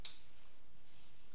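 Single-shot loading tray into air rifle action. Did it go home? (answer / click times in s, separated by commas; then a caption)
yes / 0.1 s. With the Daystate Air Ranger air rifle cocked, the single-shot loading tray's two small prongs slide into the action and the tray clicks into place, held there by magnets. A single sharp, bright click sounds at 0.1 s, followed by quiet background. The tray is seated.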